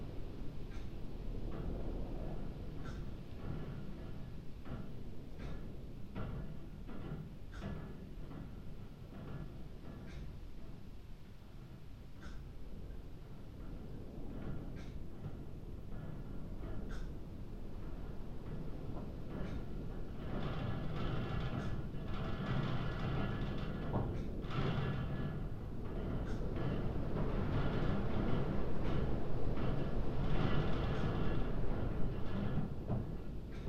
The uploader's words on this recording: Windswept night in the belfry of Rye Church. Up steep ladders, on the top platform of the belfry inside Rye Church, the ancient clock counts through this small night hour. Its regular sound blends with long and undulating gusts of fresh sea air. Air that's travelled, over miles of sand, shingle and marshland, from out on the open sea.